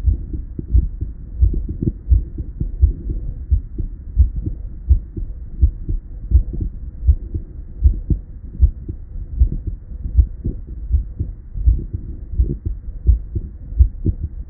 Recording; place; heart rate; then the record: heart sounds by stethoscope; Erb's point; 81 bpm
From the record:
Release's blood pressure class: hypertension stage 1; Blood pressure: 130/79 mmHg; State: at rest